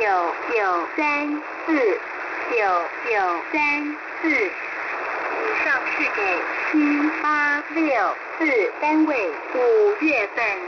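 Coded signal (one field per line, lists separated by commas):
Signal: numbers station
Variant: V13, Mandarin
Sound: mandarin voice announcing message to a unit, then four-digit groups each spoken twice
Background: radio static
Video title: V13 New Star Broadcasting 07/06/2024 1300 UTC 11430kHz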